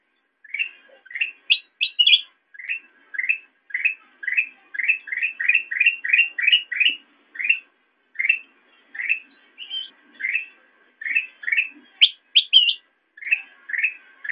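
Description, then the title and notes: Sooty-headed bulbul calling steadily, a long run of rapid rising chirps, with occasional higher sharp notes mixed in. Recording made for training songbirds by example (masteran). "suara burung kutilang buat masteran"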